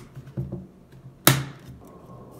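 A plastic tube or attachment is pushed onto the body of a cordless stick vacuum during assembly. A few faint knocks and handling sounds come first, then one sharp, loud click at 1.3 s as the part seats into place.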